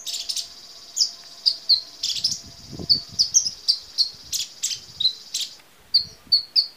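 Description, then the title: Small bird giving sharp high chirps in short runs, over a constant high-pitched buzzing hum. Some faint low rustling is heard. "Burung Kecil"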